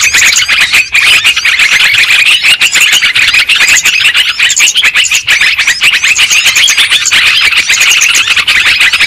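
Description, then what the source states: A flock of lovebirds chattering, with overlapping sharp chirps and thin squeals in an unbroken, restless stream. Lure recording played to attract and trap lovebirds.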